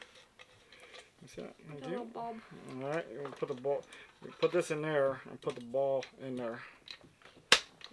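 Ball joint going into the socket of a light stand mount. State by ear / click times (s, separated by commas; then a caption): seated / 7.5 s. Someone talks while pushing the ball joint of a light stand mount into its socket. A loud, sharp click at 7.5 seconds shows the ball has seated in the socket.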